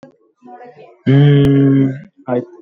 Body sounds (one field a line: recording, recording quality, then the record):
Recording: sustained vowel as in made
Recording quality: moderate, slight background noise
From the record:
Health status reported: exposed to COVID-19, no respiratory illness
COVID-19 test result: negative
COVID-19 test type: RT-PCR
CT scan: not taken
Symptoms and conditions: cough, cold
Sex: male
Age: 28 years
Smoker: no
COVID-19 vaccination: both doses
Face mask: worn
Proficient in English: yes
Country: India